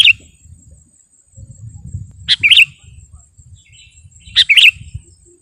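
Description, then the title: Sooty-headed bulbul repeating short, liquid, chirpy phrases about every two seconds, three phrases in all, with low background rumble and a thin, steady, high whine. "kutilang"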